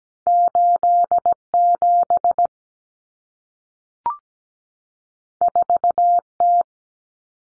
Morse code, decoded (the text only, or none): 87 4T